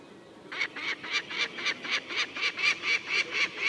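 Falcon giving a rapid run of harsh, chattering notes, about four each second, starting after a brief quiet moment and keeping an even rhythm.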